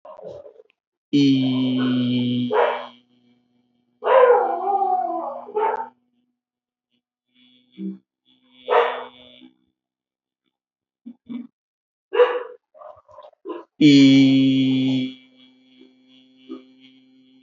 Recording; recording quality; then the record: sustained vowel as in beet; excellent, no background noise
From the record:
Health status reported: healthy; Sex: male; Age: 34 years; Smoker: yes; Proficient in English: yes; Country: India